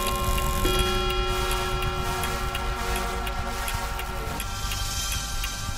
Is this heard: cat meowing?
no